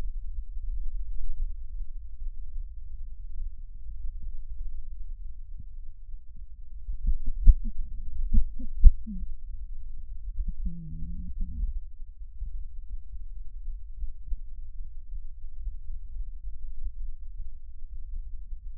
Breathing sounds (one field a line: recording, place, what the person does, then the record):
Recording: lung sounds by stethoscope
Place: right anterior apical chest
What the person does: quiet breathing, then cough and speech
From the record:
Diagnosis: asthma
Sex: female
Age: 72 years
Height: 160 cm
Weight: 63.4 kg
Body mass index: 24.8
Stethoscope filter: bell mode